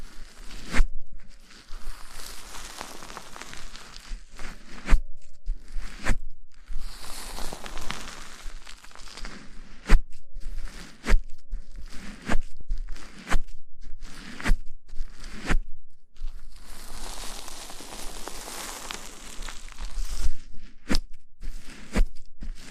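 Hair is scrubbed and washed with shampoo in quick, rough bursts of wet, crackling rubbing. They come in several stretches a few seconds long, at about 1–4, 7–9 and 17–20 seconds, with sharp clicks and brief pauses between them. A faint steady tone sits underneath at times.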